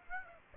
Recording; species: mosquito wingbeat signal from an infrared sensor; Aedes aegypti